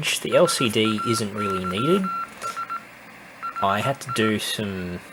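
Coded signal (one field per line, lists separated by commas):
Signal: Morse code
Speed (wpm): 17 wpm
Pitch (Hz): 1360 Hz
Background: speech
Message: SAYS HI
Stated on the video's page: Morse beacon keyed by an Arduino on a real-time-clock schedule through a transistor and relay, driving a QRP kit transmitter.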